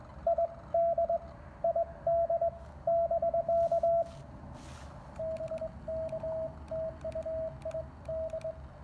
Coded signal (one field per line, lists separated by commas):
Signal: Morse code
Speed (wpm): 20 wpm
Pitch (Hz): 660 Hz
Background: radio noise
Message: ID ID <BK> BK TU ID